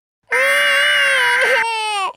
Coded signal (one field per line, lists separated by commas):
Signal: Emergency Alert System (SAME) tones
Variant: header bursts